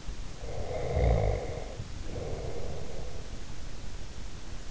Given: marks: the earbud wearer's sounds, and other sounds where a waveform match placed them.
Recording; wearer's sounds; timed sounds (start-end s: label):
sounds in sleep by an in-ear microphone; snoring breath
0.50-3.43 s: snoring breath